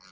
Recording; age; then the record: pig call; piglet (1 to 25 days)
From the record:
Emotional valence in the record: positive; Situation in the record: reunion after long isolation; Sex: female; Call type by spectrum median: high-frequency call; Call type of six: low-frequency tonal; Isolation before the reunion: 8 minutes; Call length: 0.12 s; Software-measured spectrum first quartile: 1292 Hz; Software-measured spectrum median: 3129 Hz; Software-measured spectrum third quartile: 4865 Hz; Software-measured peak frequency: 1410 Hz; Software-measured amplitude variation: 41 dB a second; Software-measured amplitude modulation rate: 17.4 a second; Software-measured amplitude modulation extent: 2.4 dB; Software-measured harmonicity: 0.4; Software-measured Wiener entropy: -1.51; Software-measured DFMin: 831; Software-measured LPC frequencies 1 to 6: 1357, 2228, 4404, 5232, 5703, 6763 Hz